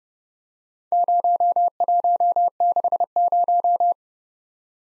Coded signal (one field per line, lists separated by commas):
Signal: Morse code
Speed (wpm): 30 wpm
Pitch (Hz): 700 Hz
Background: none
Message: 0160